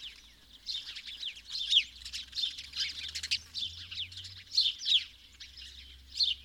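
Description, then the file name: House sparrow chirping: a steady jumble of short, harsh overlapping notes with louder peaks here and there. "Passer domesticus"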